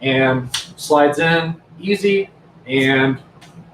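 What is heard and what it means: A flashlight holster clip is slid onto a duty belt while someone talks, with only faint handling sounds under the voice. Nothing has seated or clicked yet.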